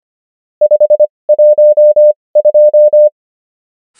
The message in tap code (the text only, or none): none